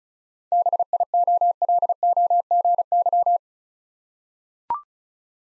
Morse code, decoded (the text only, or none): BIOLOGY